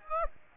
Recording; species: mosquito wingbeat signal from an infrared sensor; Aedes aegypti